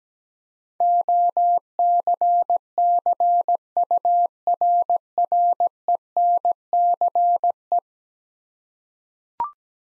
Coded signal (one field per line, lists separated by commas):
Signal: Morse code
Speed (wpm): 17 wpm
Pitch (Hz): 700 Hz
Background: none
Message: OCCURRENCE